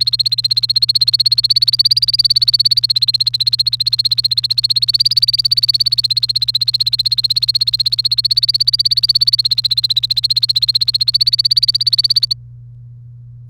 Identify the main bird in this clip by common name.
Domestic Canary